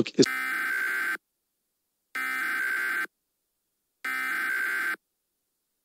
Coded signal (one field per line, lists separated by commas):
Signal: Emergency Alert System (SAME) tones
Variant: header bursts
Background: speech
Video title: EAS Scenario #12: The Frozen Abyss (750 Sub Special)